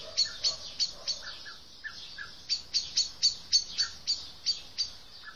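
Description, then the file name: Common blackbird giving sharp, high, clicking call notes in a rapid series, several per second, with short lower notes scattered between them. "Turdus merula"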